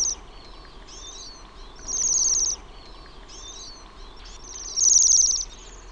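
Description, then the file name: Bohemian waxwing giving two strong, high, pulsed trills, each over half a second long, with several softer similar trills. "TILHI"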